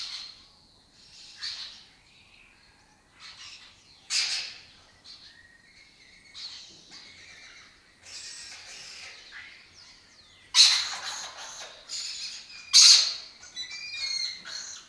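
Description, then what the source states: Lesser kestrel calls: short harsh rasping notes spaced out, then louder chattering bursts near the end, with thin squeaky notes mixed in. Colony of migratory lesser kestrels breeding in an abandoned building complex in Doñana, southern Europe; they forage in West Africa.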